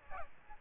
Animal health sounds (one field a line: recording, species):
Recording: mosquito wingbeat signal from an infrared sensor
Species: Aedes albopictus